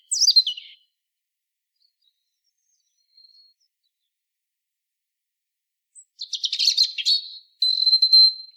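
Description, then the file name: European robin song: a falling twittery phrase, then after a long pause a rapid scratchy trill followed by a sustained thin note. "Erithacus rubecula"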